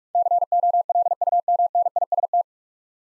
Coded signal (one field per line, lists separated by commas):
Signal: Morse code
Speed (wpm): 46 wpm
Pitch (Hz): 700 Hz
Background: none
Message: COLUMNIST